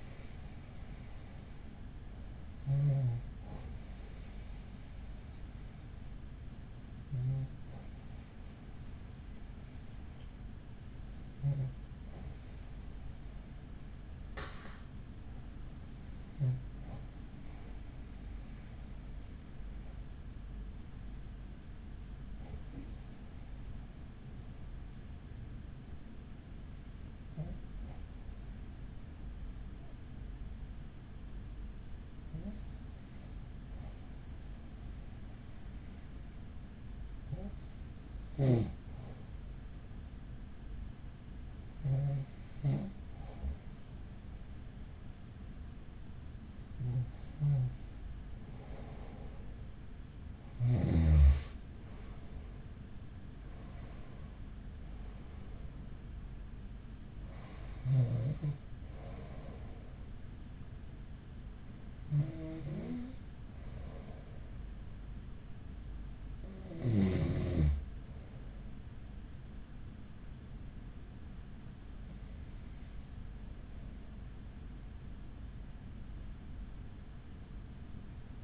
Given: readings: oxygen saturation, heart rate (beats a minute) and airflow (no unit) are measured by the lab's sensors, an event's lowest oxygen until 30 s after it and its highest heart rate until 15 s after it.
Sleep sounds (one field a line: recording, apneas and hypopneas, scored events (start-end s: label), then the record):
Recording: breathing in sleep by a smartphone at the bedside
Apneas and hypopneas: 1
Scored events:
11.00-41.00 s: new sleep stage, N2 (light sleep)
16.00-54.30 s: hypopnea (N2, oxygen 94% highest, then 92% lowest, heart rate 47 at the start, 53 highest)
41.00-78.44 s: new sleep stage, N1 (lightest sleep)
From the record:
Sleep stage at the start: N1 (lightest sleep)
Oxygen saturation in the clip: 90 to 94%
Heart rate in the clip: 45 to 53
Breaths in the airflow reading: 16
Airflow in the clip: -6.7 to 11.3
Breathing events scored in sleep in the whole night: 207 in 7.6 hours asleep